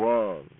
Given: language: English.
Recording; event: throat vibration sensor signal played as sound; speech